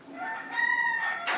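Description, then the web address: Rooster crowing, a sustained harmonic crow with a steady upper tone held through most and a harsh burst at the end. Morning, several cockcrows. "the sound pack tree. morning with cockcrows"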